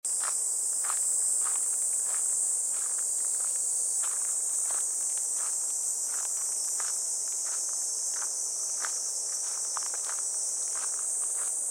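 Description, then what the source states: Cicada song, a continuous bright high drone, over footsteps on a path. Recorded while walking a riverbank embankment path on a fresh, clear morning toward a weir.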